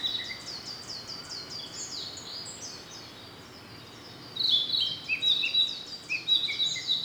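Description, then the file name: Narcissus flycatcher song: a few soft notes at first, a quiet gap, then a lively burst of clear whistles and quick slurred notes over high chirping. "rodolphe alexis - narcissus flycatcher"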